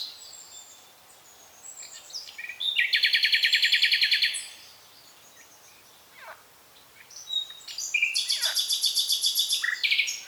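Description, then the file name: Common nightingale song: two phrases of fast, loud, evenly pulsed trills, separated by quieter scattered notes. "Luscinia megarhynchos"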